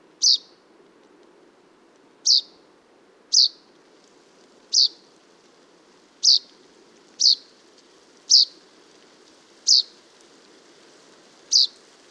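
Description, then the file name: Common chaffinch repeating a sharp high call note nine times at irregular intervals of about one to two seconds, with a soft hiss in the background. "Fringilla coelebs"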